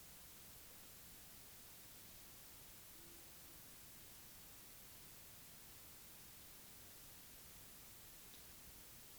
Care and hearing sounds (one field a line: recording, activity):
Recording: daily activity, guitar pickup as the sensor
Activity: drink water